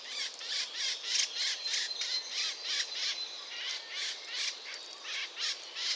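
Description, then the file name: Eurasian blackcap calling with rough repeated tack notes, roughly three per second and slightly uneven, over a soft background hiss. "Sylvia atricapilla"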